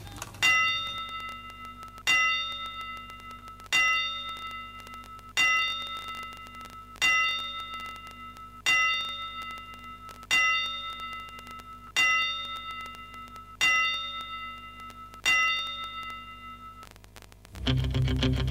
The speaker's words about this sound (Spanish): Ha fallecido Carlitos Rodríguez y desde Boxeo Planeta le dedicamos estas 10 campanadas para él.